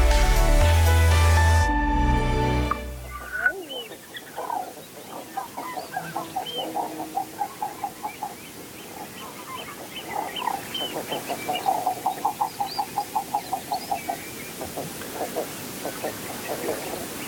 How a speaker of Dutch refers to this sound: Te horen is een eidermoeder die zorg draagt voor een hele crèche aan kuikens